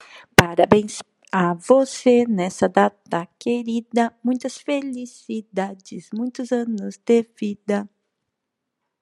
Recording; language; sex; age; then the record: short text; Brazilian Portuguese; female; 40 to 49 years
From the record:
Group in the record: control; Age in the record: 47 years